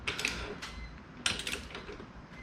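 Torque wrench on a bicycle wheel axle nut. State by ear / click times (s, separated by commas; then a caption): torque reached / 1.3 s. A preset torque wrench tightens a bicycle wheel axle nut with a series of sharp ratcheting clicks. The loudest click, at 1.3 s, is the wrench breaking over at its preset torque, meaning the nut is done.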